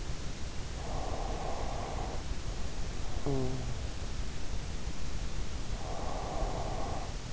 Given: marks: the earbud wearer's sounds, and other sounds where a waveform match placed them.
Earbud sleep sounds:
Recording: sounds in sleep by an in-ear microphone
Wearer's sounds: snoring breath, breath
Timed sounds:
0.84-3.80 s: snoring breath
5.76-7.33 s: breath

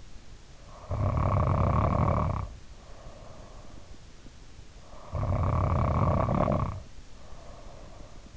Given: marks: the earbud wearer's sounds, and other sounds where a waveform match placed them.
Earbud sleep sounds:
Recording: sounds in sleep by an in-ear microphone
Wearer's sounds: snoring breath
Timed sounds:
0.29-3.69 s: snoring breath
4.82-8.36 s: snoring breath

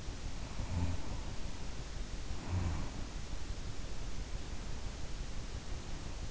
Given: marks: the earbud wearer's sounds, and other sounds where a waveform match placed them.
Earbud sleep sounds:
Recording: sounds in sleep by an in-ear microphone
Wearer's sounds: snoring breath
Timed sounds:
0.35-3.04 s: snoring breath

